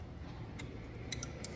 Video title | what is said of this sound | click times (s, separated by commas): Renault Clio 172 182 steering angle change | Pushes together, pushes in. There we go, you hear it click into place, and that's that in. | 1.1 s